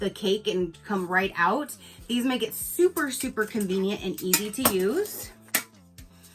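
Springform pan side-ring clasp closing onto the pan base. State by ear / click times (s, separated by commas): seated / 5.6 s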